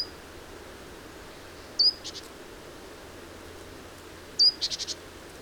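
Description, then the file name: Great tit calls: a sharp high note trailed by a short buzzy churr, then again with a longer churr of four pulses, over faint hum. "Parus major"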